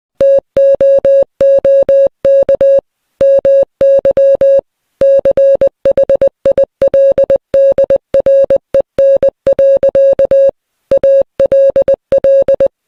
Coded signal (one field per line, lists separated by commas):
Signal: Morse code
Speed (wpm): 20 wpm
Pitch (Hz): 550 Hz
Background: music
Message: TOOK MY CHILDREN. ALL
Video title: Pretty complex morse code message audio